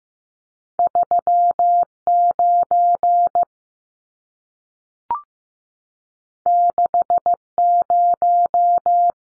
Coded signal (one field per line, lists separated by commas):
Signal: Morse code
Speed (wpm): 15 wpm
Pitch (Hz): 700 Hz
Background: none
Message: 39 60